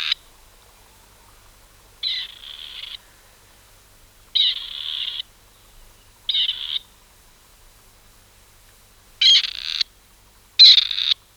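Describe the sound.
Bird calls: several harsh, raspy bursts, each under a second, irregularly spaced in near silence.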